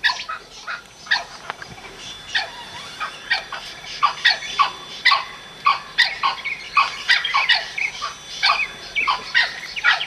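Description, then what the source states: Blue-winged kookaburra giving many loud, harsh cackling bursts throughout. Calling very energetically.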